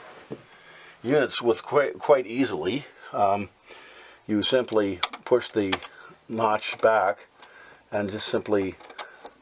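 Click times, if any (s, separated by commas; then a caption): none. Someone talks while handling a keyed electrical plug connector at an RV refrigerator power unit's socket, pushing the latch back to set the connector in. A couple of brief, faint handling knocks sound near 0.3 and 9.0 seconds. Nothing has seated or clicked yet.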